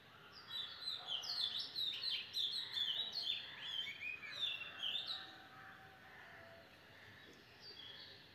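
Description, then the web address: Birds singing, several high chirping and warbling phrases overlapping densely for five seconds, then thinning to sparse faint notes over a soft steady background hiss. Birds singing in the morning. "sleep well sounds birds beautiful-morning-with-birds-chanting"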